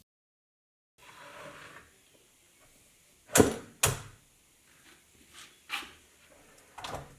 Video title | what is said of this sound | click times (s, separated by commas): How To Install a Merchandiser for Your CBD Store | Place the drawer on the drawer slides and pull the slide until you hear a click from the locking mechanism. | 3.4 s, 3.8 s